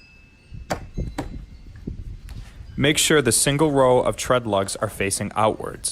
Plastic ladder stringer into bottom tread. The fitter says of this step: Begin by forcing the stringers into the bottom tread so that they lock into place